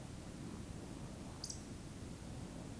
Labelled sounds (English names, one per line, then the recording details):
Eurasian Woodcock whistle
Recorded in Baden-Württemberg, Germany, on 12 June 2020 at 20:20 UTC
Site 43738, 650 m above sea level